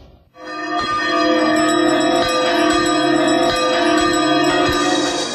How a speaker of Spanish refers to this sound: Si escuchás las dos campanas, puedes terminar sin entender nada.